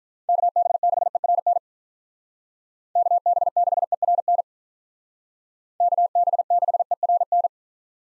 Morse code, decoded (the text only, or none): KB6ERN KB6ERN KB6ERN